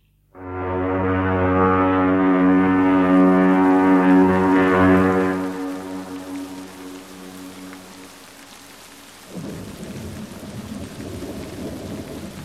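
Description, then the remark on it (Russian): Steady rain hisses on a cold, dark autumn evening in England, first under a long, loud, low droning horn-like tone that slowly fades, then alone as a denser patter of falling rain for the final seconds. “Осенним холодным вечером я высадился в Англии. Было темно, шел дождь.”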